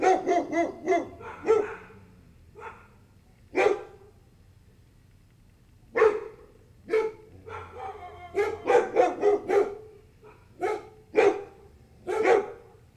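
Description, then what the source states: Several dogs barking irregularly, with rapid overlapping barks at the start and a dense burst of barking near the end. A group of dogs barking and howling together.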